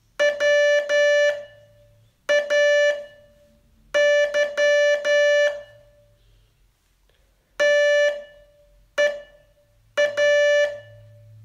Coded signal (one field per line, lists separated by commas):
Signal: Morse code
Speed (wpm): 12 wpm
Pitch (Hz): 580 Hz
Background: music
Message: WAY TEA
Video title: Learn Morse in 42 Days from VU2LAU - day 35 test